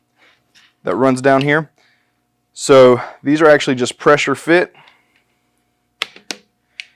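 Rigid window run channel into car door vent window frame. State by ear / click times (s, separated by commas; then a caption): seated / 6.0 s, 6.3 s, 6.8 s. Someone talks while a pressure-fit rigid run channel (window guide channel) is pressed into the vent window frame of a vintage car door. Sharp, short clicks ring out at 6.0, 6.3 and 6.8 seconds as the channel snaps into place and is seated.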